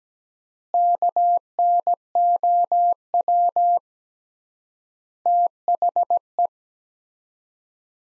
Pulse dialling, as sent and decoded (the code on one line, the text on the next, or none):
none